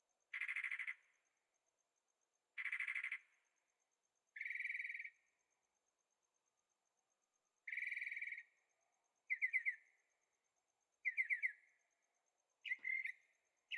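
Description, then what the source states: Bird song: harsh, buzzy note bursts repeated every two to three seconds, later changing to shorter trilled phrases; a faint steady high tone runs throughout. Birds singing at night in Carefree, Arizona; recorded in stereo with a Zoom H6.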